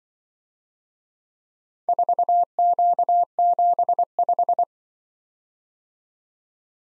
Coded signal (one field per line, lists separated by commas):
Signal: Morse code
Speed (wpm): 24 wpm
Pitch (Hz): 700 Hz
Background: none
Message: 4Q75